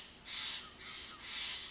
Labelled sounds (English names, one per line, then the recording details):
Steller's Jay
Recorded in Sonoma County, California